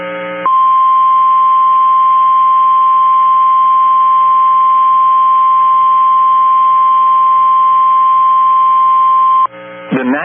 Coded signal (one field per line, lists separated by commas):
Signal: Emergency Alert System (SAME) tones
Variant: 1050 Hz attention tone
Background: speech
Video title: Not a good day for Sioux Falls | 5/30/22 - PDS Severe Thunderstorm Warning on WXM28 (EAS #505)